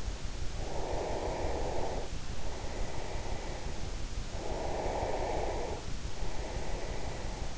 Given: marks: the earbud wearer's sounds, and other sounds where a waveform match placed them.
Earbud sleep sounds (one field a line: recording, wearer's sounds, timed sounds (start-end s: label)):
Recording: sounds in sleep by an in-ear microphone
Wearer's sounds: breath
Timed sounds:
0.45-3.81 s: breath
4.23-7.58 s: breath